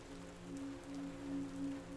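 Steady rain patters on broad banana leaves in a banana garden, a soft continuous spatter with scattered brief drips over a low, even drone, with no voices present.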